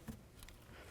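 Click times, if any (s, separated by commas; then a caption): 0.4 s, 0.5 s. An electrical connector is pushed onto the air shock socket of a 2007-2014 Cadillac Escalade during an air shock replacement. A soft low thump comes near 0.1 s, then two sharp clicks at 0.4 s and 0.5 s as the connector seats.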